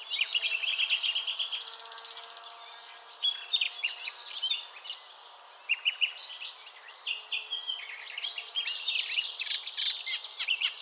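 Warbler song with buzzy trills and quick high chirps, the phrases pausing briefly and then resuming.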